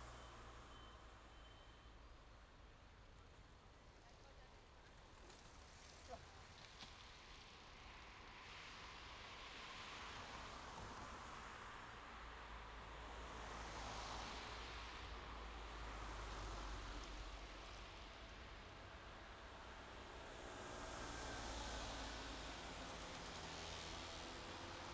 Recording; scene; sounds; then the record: everyday scene through a hearing-aid microphone; in traffic; traffic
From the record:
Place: main road on the outskirts, rush hour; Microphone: in the ear canal, left